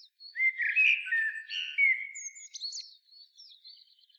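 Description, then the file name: Common blackbird sings a rich warbling phrase that trails into high, thin squeaky twitters. "Turdus merula"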